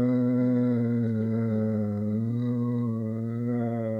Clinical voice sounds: sustained vowel /i/; male; 60 to 69 years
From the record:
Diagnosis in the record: amyotrophic lateral sclerosis, bulbar onset 12 months earlier, bulbar signs present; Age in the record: 67 years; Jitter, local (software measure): 0.68%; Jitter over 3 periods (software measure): 0.27%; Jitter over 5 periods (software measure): 0.44%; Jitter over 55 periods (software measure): 1.52%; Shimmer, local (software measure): 3.4%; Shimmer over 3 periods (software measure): 1.6%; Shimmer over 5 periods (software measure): 2.2%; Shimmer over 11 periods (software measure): 3.3%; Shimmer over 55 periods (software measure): 6.1%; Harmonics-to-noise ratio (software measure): 8.9 dB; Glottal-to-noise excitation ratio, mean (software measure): 0.87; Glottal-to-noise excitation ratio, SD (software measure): 0.040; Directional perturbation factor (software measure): 50.2%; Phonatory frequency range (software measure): 0.31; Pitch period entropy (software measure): 1.73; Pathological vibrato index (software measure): 1.27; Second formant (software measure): 1686 Hz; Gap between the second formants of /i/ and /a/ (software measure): 669 Hz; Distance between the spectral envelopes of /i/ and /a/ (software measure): 2.3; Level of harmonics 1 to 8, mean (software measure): -8.2, -4.8, -22.3, -15.2, -22.8, -36.0, -45.4, -41.9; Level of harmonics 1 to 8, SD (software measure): 1.4, 2.8, 2.4, 3.9, 6.1, 7.0, 9.6, 7.0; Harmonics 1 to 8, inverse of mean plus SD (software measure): 0.103, 0.130, 0.041, 0.052, 0.035, 0.023, 0.018, 0.020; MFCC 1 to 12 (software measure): 10.8, -0.6, 4.4, -3.6, -15.8, 8.9, -9.0, 8.5, -10.3, -11.7, 0.5, -3.0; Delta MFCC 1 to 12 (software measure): 0.007, -0.011, -0.002, -0.010, 0.018, 0.032, -0.018, 0.018, 0.007, -0.005, -0.004, -0.001

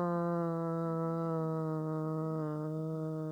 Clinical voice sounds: sustained vowel /a/; female; 30 to 39 years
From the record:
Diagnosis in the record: healthy control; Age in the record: 39 years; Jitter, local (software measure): 0.46%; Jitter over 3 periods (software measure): 0.29%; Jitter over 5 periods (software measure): 0.28%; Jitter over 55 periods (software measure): 0.55%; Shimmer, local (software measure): 2.4%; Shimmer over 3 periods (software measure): 1.4%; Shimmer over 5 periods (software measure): 1.4%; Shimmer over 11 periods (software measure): 1.8%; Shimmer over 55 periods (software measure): 4.5%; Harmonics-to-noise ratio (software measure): 13.8 dB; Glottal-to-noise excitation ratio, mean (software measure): 0.89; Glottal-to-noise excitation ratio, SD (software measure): 0.043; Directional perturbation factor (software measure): 78.2%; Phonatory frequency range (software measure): 0.21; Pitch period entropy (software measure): 0.93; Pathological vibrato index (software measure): 0.29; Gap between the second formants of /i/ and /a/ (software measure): 2038 Hz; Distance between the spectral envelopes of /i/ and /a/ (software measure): 10.6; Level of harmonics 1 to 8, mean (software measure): -2.2, -5.7, -6.2, -10.8, -21.3, -18.3, -19.4, -16.4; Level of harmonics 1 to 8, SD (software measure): 1.3, 1.2, 2.2, 1.6, 5.4, 5.3, 5.5, 4.2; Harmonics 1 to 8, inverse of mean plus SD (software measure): 0.287, 0.145, 0.118, 0.081, 0.038, 0.042, 0.040, 0.049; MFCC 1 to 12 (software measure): 9.4, -10.8, -6.8, 4.7, -16.6, -3.1, -1.1, -0.8, -9.3, -10.4, -3.1, -3.3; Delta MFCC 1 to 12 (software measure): -0.001, 0.034, 0.000, 0.001, -0.008, 0.009, 0.021, 0.008, -0.006, 0.008, 0.019, 0.008

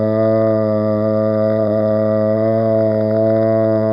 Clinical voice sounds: sustained vowel /a/; male; 60 to 69 years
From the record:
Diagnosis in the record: amyotrophic lateral sclerosis, spinal onset 19 months earlier, bulbar signs present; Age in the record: 61 years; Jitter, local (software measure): 0.39%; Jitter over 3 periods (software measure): 0.21%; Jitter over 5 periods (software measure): 0.25%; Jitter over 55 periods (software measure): 0.59%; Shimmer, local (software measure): 3.4%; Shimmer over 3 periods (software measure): 1.9%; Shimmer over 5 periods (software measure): 2.1%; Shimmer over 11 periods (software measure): 2.5%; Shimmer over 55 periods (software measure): 4.2%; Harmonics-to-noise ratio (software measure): 12.3 dB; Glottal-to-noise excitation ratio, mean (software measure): 0.88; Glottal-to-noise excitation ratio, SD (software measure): 0.041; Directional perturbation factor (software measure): 72.4%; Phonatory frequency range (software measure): 0.12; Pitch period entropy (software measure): 0.91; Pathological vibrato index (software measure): 0.33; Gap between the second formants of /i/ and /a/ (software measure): 839 Hz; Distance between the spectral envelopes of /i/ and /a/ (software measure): 7.6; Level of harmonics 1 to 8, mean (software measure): -8.9, -6.6, -10.1, -10.3, -5.1, -3.3, -29.2, -30.2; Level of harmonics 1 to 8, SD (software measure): 0.8, 0.6, 2.2, 1.1, 1.7, 1.6, 4.5, 2.7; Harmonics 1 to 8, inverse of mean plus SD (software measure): 0.104, 0.138, 0.081, 0.088, 0.148, 0.201, 0.030, 0.030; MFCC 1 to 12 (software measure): 9.5, -8.4, -6.0, -4.0, -12.1, 15.6, -6.6, 6.9, -12.2, -12.6, 6.5, 3.4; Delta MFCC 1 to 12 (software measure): 0.003, -0.010, -0.006, 0.003, 0.013, -0.006, -0.019, -0.001, 0.006, 0.010, 0.002, 0.007

